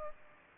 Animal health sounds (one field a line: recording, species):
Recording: mosquito wingbeat signal from an infrared sensor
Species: Culex pipiens